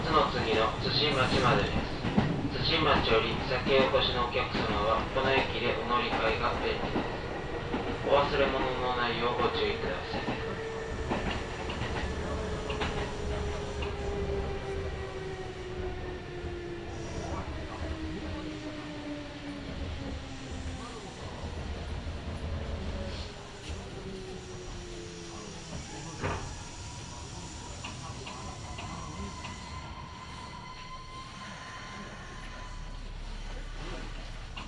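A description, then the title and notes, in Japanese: A Kintetsu Nagoya Line local train rumbles along as its motor whine slides steadily downward, fading quieter over time, with brief voices early on. 近鉄名古屋線各駅停車 白子→津新町。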